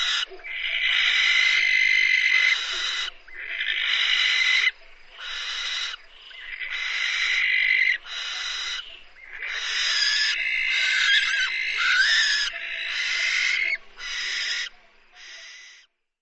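Bird giving harsh, hissing screeches in long rasping bursts, repeated with short pauses.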